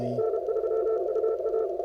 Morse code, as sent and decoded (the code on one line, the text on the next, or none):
-. ...-- ..- .-
N3UA